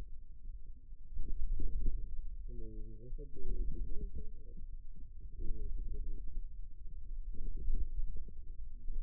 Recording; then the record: forearm muscle sounds (acoustic myography)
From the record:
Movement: wrist flexion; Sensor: system 2, bracelet of six BSWA MPA416 microphones around the upper forearm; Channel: 2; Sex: male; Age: 22 years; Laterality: right